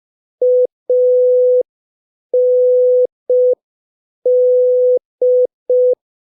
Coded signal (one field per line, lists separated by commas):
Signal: Morse code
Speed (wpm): 5 wpm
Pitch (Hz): 500 Hz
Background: none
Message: AND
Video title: Morse Code Practice #3 (5wpm)